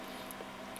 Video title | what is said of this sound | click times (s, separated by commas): Cara Memasang RAM Komputer - Gimana cara pasang RAM | Cara bukanya bagaimana? Sama, kita buka kuncinya atas dulu, bawah dulu, sama aja. | 0.3 s, 0.8 s